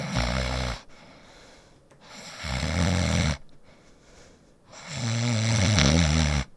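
Three loud, low rumbling snores come on the breaths in, roughly 22 a minute, with quiet breathing between them. This is ordinary snoring from an adult woman.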